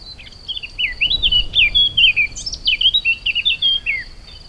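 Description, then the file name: Eurasian blackcap song: a lively, rambling warble of rapid slurred notes lasting about four seconds, with a steady high insect whine underneath. "Sylvia atricapilla"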